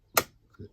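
A small plastic clothing rod is slotted into a doll playset after some fiddling, giving a sharp, bright click at 0.2 s that fades over roughly a tenth of a second. A fainter tick and a soft low knock follow near 0.6 s, and the rod is seated.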